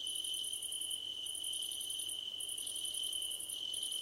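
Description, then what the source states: Rapid high cricket pulses come in several bursts with brief breaks, set against a constant high-pitched background hum. Crickets at night under a starlit sky; nighttime ambience.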